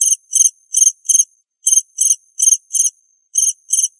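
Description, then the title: Cricket chirping in groups of about four high, rasping pulses, the groups returning about every one and a half seconds. "suara Hujan Guntur Suara Jangkrik Dan Burung"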